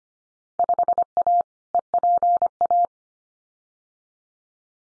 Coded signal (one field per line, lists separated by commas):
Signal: Morse code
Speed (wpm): 25 wpm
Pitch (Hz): 700 Hz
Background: none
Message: 5A EPA